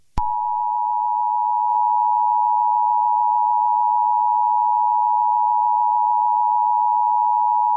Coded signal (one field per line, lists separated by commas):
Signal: Emergency Alert System (SAME) tones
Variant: 853 and 960 Hz attention tone